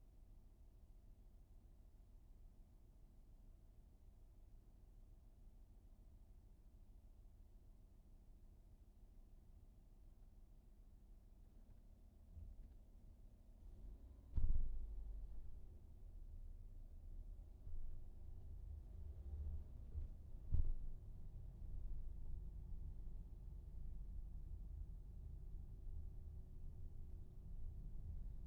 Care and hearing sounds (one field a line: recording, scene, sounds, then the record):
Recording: everyday scene through a hearing-aid microphone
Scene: in a vehicle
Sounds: engine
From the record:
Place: VW T5 Caravelle, diesel engine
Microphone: behind the ear, right, front